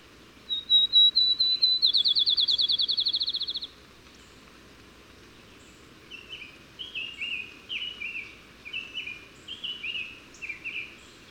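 Bird song: a series of high thin notes speeding into a rapid buzzy trill, then after a pause a scratchy, warbling sequence of lower chirps.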